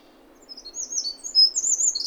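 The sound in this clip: Eurasian wren song, a brief burst of high, quick trilled notes that starts softly and rises in volume.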